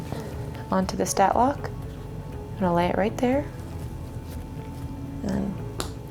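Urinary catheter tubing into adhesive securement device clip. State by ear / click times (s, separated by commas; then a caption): seated / 5.8 s. Urinary catheter tubing is laid into a plastic adhesive securement device on the leg while someone talks, and the device's clip is pushed down. A sharp click at 5.8 s marks the clip snapping shut and seating the tubing.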